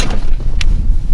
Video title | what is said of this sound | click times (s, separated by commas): Best Overview and Review Eskimo Grizzly Flip Over Ice Shelter for 2021 | with this one it just clicked once | 0.6 s